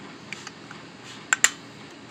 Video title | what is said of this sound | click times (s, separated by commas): 1982 cb 750 sc night hawk spark plug replacement | You push them down with good force until you hear a click. | 1.3 s, 1.4 s